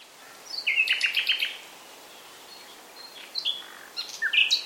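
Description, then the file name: Common nightingale song: a quick series of repeated chirping notes, followed by scattered whistles and sharp notes. "Luscinia megarhynchos"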